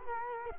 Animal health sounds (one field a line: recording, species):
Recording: mosquito wingbeat signal from an infrared sensor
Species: Culex quinquefasciatus